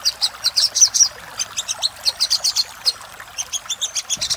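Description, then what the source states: Little spiderhunter song: quick high chirps in short irregular bursts with small pauses between them. Master recording for training cage birds, titled Sogok Ontong Labaik.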